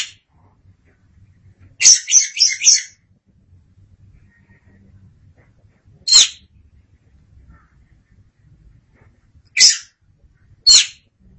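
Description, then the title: Oriental magpie-robin singing a quick series of scratchy high notes, then isolated sharp single notes with pauses between; faint low rumble in the background. "Suara Kicauan Burung Kacer Durasi Panjang"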